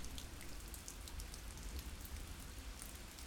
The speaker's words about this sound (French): La pluie blanche en lents rideaux, venant vers lui, efface la mer.